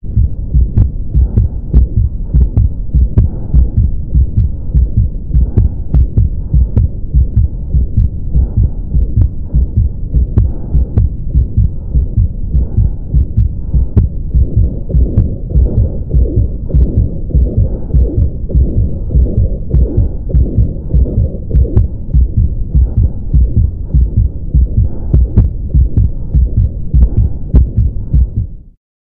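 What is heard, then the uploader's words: A loud, close heartbeat through a stethoscope thumps low and steady at an even pace, with a faint hum beneath, stopping abruptly near the end. Cardiac Auscultation. (Loud version).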